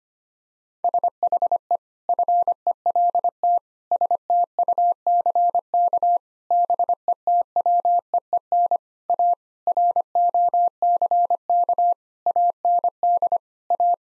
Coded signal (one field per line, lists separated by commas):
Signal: Morse code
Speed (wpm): 25 wpm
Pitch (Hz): 700 Hz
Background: none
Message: SHE FELT STUCK BETWEEN A ROCK AND A